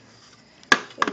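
A plastic dust cup top is pushed into place on the dust cup of a Bissell Multi Cyclonic vacuum. After a near-silent stretch with a faint tick at 0.6 s, it seats with a sharp, loud click at 0.7 s, followed by a softer decaying rattle. Two smaller clacks come at 1.0 s and 1.1 s.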